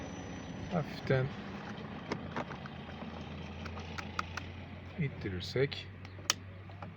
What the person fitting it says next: çıt sesini duyduk